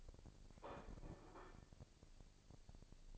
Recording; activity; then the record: daily activity, microphone in the room; place plate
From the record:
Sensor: 5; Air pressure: 1007.6 hPa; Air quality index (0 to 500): 88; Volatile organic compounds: 1 ppm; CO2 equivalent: 692 ppm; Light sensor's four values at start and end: 31/72/29/29 and 31/72/29/29